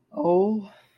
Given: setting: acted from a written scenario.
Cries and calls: vocal sound without words; sympathy

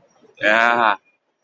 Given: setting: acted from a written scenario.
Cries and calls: vocal sound without words; positive surprise

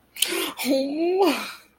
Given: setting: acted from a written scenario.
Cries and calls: vocal sound without words; positive surprise

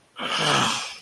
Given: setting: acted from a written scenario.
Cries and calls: vocal sound without words; anger

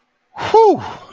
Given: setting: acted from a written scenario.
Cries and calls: vocal sound without words; relief

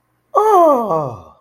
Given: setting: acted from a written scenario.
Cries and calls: vocal sound without words; confusion

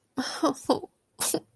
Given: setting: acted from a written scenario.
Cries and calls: vocal sound without words; sadness

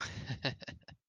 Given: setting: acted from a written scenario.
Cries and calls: vocal sound without words; amusement

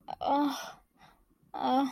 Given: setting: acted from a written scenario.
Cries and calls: vocal sound without words; desire

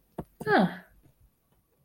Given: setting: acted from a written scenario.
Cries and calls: vocal sound without words; neutral

